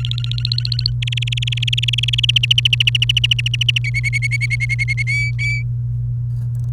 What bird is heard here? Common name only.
Domestic Canary